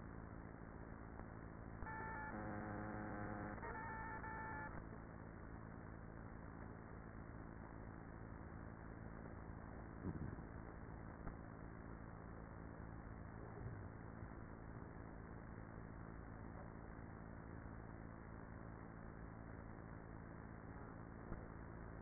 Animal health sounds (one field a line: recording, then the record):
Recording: honeybee colony, microphone inside the hive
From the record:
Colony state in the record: queenless with a low population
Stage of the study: after two queens were removed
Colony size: about 30,000 bees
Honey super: no